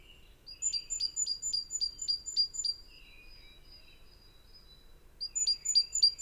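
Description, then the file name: Great tit call, a long regular series of clear high pinging notes, a pause with soft chirps, then the series starts again. "Parus major"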